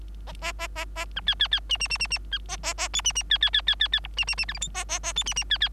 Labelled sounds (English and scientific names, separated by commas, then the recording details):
Bengalese Finch (Lonchura striata domestica) song
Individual Bird3